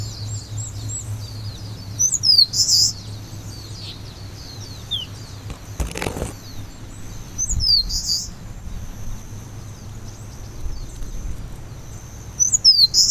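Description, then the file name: Eastern crowned warbler giving three high phrases, each with quick down-slurred notes and a buzzy ending, plus a brief knock midway. "warbler-eastern-crowned -Phylloscopus-coronatus"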